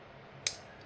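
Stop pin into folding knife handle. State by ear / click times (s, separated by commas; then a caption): seated / 0.5 s. During reassembly of a Kizer Escort folding knife, the metal stop pin is worked into place between the handle scales against a low, quiet background. A sharp, bright click sounds at 0.5 s and decays quickly, marking the stop pin seating.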